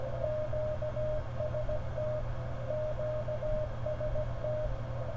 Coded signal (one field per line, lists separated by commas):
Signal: Morse code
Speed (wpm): 16 wpm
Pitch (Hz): 610 Hz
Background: none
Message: QST QST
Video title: ARRL November 2014 Frequency Measurement Test with SDR